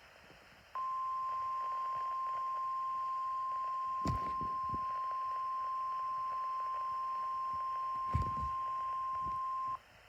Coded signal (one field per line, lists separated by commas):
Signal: Emergency Alert System (SAME) tones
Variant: 1050 Hz attention tone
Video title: 3 Severe Thunderstorm Warnings EAS 115-117